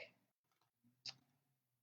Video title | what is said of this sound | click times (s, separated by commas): Beauty Of Friendship and In The Wild Cards | yep it goes click | 1.1 s